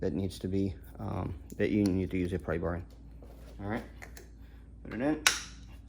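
Someone talks while handling a smoked plastic bullet turn signal lens cover at the motorcycle turn signal housing of an Iron 883, with a pry bar mentioned for the notch. Nothing has seated or clicked yet; the clip ends just before the lens snaps into the housing.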